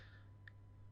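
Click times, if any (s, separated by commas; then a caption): 0.5 s. The gas lift cylinder and its sleeve of a Boulies Master office/gaming chair are set, silver side up, into the centre hole of the chair's wheelbase. A single short, sharp click is heard at 0.5 s over a steady low hum as the gas lift pops into place and seats in the wheelbase.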